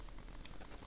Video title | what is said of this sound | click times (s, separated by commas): Kingroon KP3S ScreenMod and Filament Sensor Relocation Mod | snap it in place | 0.5 s